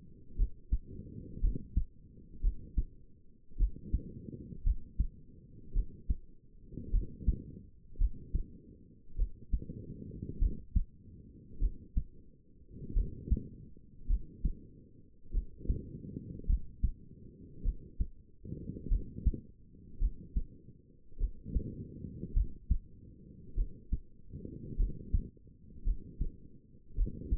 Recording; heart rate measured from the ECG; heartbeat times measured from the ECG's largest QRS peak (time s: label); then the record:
heart sounds by stethoscope; 52 bpm
0.37 s: heartbeat
1.42 s: heartbeat
2.42 s: heartbeat
3.58 s: heartbeat
4.64 s: heartbeat
5.74 s: heartbeat
6.92 s: heartbeat
7.99 s: heartbeat
9.17 s: heartbeat
10.39 s: heartbeat
11.60 s: heartbeat
12.94 s: heartbeat
14.08 s: heartbeat
15.32 s: heartbeat
16.47 s: heartbeat
17.63 s: heartbeat
18.89 s: heartbeat
19.99 s: heartbeat
21.18 s: heartbeat
22.34 s: heartbeat
23.55 s: heartbeat
24.77 s: heartbeat
25.85 s: heartbeat
26.96 s: heartbeat
From the record:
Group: healthy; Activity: rest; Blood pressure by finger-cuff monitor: 107/66 mmHg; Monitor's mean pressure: 80 mmHg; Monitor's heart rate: 52 bpm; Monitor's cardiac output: 5 L/min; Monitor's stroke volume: 93 mL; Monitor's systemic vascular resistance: 1180 dyn s/cm5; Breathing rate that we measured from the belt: 20 breaths a minute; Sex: female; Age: 28 years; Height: 170 cm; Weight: 77 kg